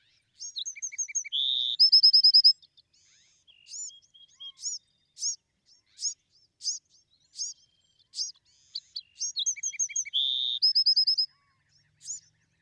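Bewick's wren song: two matching phrases of thin whistles, a buzzy note and a fast even trill, near two and eleven seconds, with spaced high chips between.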